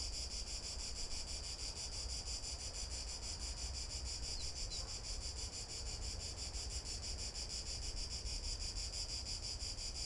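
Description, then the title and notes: Cicada giving a sustained high-pitched buzz with even pulses, a brief faint chirp midway, low rumble below. Cicada recorded from boardwalks around the lake at the Albufera de Valencia, Spain, on an afternoon walk; Zoom H1n recorder. "Unnamed Road, 46012, 46012 Valencia, España - Paseo por la Albufera. Una tarde de paseo por la Albufera de Valencia. Paseamos alrededor del lago, en este caso por unas pasarelas en donde nos paramos para grabar a una Chicharra [Cicadidae]"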